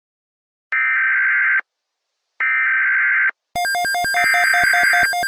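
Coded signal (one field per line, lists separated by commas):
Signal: Emergency Alert System (SAME) tones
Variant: header bursts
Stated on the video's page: Simulated EAS scenario; fictitious alert whose tones may or may not be valid.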